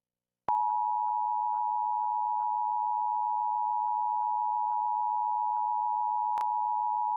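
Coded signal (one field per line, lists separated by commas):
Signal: Emergency Alert System (SAME) tones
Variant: 853 and 960 Hz attention tone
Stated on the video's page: Required Monthly Test EAS tones.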